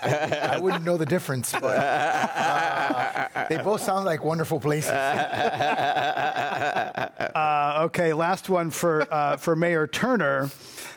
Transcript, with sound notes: I wouldn’t know the difference. They both sound like wonderful places.
[Laughter]
Okay last one for Mayor Turner.